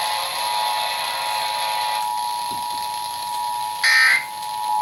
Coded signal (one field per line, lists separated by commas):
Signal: Emergency Alert System (SAME) tones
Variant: 853 and 960 Hz attention tone